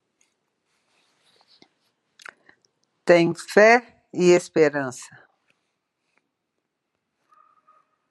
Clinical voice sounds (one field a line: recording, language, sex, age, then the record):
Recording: short text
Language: Brazilian Portuguese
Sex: female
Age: 60 to 69 years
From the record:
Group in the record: control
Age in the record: 64 years